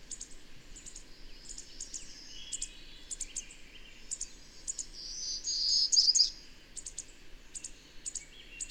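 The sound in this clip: Bird song: sharp, high chirps repeated at uneven intervals, building to a louder warbled burst toward the end, with soft hiss underneath.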